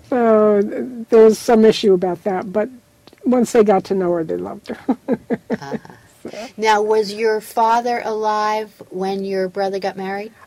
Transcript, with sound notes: 44 there was some issue about that, but once they got to know her, they loved her (laughs)
Now, was your father alive when your brother got married?